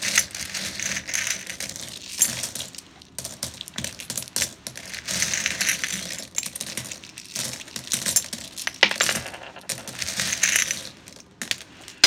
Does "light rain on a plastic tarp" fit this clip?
no